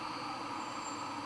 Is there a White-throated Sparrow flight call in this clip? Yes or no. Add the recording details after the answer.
no. No flight call is heard. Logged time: 03:45 on 21 September 2014